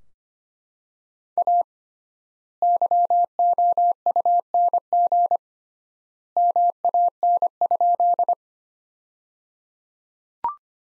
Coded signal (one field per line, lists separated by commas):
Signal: Morse code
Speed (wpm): 25 wpm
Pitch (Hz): 700 Hz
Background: none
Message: A YOUNG MAN?